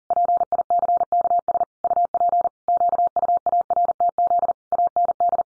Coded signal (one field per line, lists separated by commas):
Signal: Morse code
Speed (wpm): 40 wpm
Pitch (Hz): 700 Hz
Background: none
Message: PICKS UP QUARTZ AND